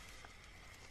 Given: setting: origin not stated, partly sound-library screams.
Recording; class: one-second piece from a danger detection set; normal situation